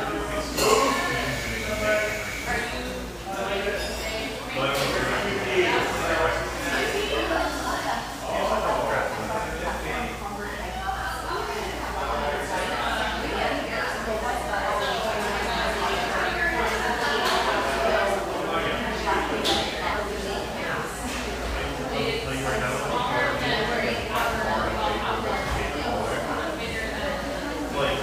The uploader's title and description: Laguna Beach, California. The coffee rush fades to a mid-morning lull in this sunlight coffeehouse, tucked behind a bakery near this coastal California paradise